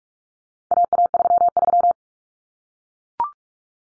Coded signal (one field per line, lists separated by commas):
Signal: Morse code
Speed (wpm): 44 wpm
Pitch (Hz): 700 Hz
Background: none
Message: AA33